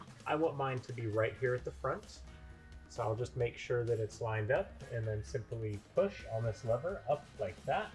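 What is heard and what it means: Someone talks while lining up a no-drill blind mounting bracket at the front of the top of a window recess and pushing its lever up, with music playing underneath. The bracket is handled but nothing has seated or clicked yet.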